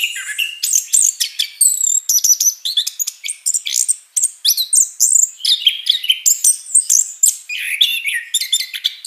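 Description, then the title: Orange-headed thrush singing a fast, continuous medley of clear whistles, downslurred notes and sharp chirps in tight succession. Song described as gacor ngeplong (continuous, full-voiced delivery) and istimewa (excellent). "Anis Kembang Gacor Ngeplong Istimewa Suara Burung"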